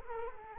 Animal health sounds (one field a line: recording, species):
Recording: mosquito wingbeat signal from an infrared sensor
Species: Culex quinquefasciatus